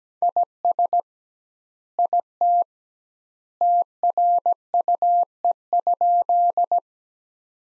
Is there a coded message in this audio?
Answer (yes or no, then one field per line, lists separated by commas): yes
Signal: Morse code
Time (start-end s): 0.2-6.8 s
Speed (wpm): 17 wpm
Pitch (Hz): 700 Hz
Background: none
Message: IS IT TRUE?